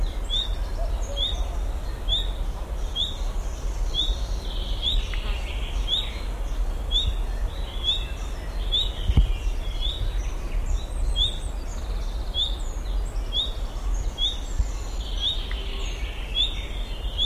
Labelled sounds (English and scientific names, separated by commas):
Common Nightingale (Luscinia megarhynchos) alarm call